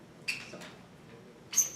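Wearing heavy gardening gloves, someone presses both side release buttons of a 3D-printed tool-tether buckle with one hand and pulls the tool pin out of the belt-mounted buckle base. A single sharp click at 0.3 s marks the buttons releasing the pin, and a second bright, sharp sound follows around 1.6 s. The buckle releases.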